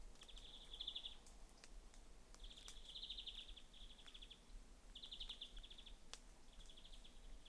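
European greenfinch producing bright, rattling trills in bursts of about a second, separated by brief pauses, over faint background noise.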